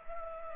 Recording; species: mosquito wingbeat signal from an infrared sensor; Culex pipiens